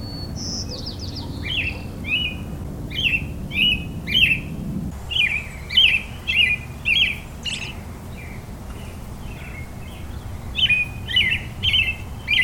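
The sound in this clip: Robin singing a run of brief, slurred, caroling whistles repeated in quick succession, a faint low hum present during the first half.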